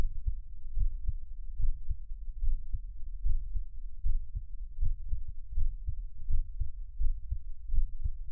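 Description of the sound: An adult's own heartbeat recorded close up for ASMR: steady, muffled low thumps in paired lub-dub beats at about 79 beats a minute, with a soft low rumble between them. No talking or other sounds.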